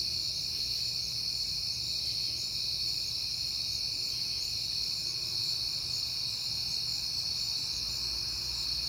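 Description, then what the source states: Crickets trilling in a bright, steady, continuous high chorus, with a quiet low hum beneath. Crickets at night in September, recorded on a peaceful night.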